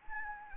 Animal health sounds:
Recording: mosquito wingbeat signal from an infrared sensor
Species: Anopheles gambiae

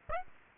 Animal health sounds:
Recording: mosquito wingbeat signal from an infrared sensor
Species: Aedes aegypti

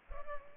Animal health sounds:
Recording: mosquito wingbeat signal from an infrared sensor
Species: Culex pipiens

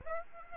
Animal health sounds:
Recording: mosquito wingbeat signal from an infrared sensor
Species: Aedes aegypti

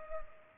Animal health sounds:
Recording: mosquito wingbeat signal from an infrared sensor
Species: Culex pipiens

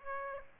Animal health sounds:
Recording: mosquito wingbeat signal from an infrared sensor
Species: Aedes aegypti

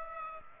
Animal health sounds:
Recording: mosquito wingbeat signal from an infrared sensor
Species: Culex pipiens

